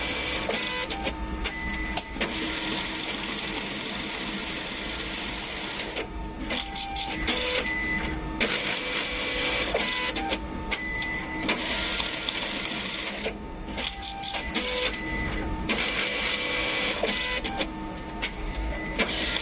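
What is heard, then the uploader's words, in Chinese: A banknote counting machine whirs steadily and densely, with rapid fluttering ticks, brief pauses near six and thirteen seconds. 點鈔機。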